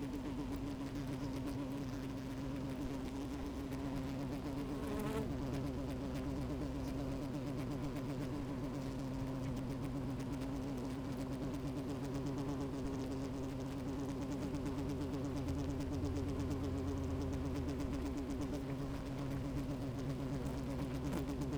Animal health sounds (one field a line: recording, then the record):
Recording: honeybee colony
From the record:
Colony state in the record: active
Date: 28 July 2017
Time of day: 12:23